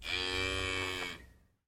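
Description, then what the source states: Cow giving one steady, rich moo of just over a second that fades away at the end. Distant cow.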